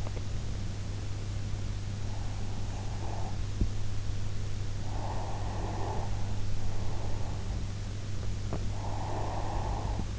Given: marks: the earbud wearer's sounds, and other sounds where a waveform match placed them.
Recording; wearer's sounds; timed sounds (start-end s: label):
sounds in sleep by an in-ear microphone; swallowing, breath
0.00-0.88 s: swallowing
2.37-6.00 s: breath
6.64-10.18 s: breath